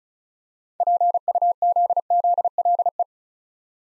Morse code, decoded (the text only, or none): PUZZLE